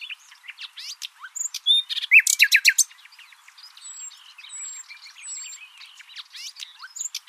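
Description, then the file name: Common nightingale singing a mix of soft chirps, a loud burst of slurred descending notes, then thin high whistles repeated at intervals amid quiet twittering. "Luscinia megarhynchos"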